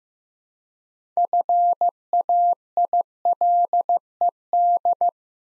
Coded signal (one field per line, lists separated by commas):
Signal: Morse code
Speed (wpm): 15 wpm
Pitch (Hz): 700 Hz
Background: none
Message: FAILED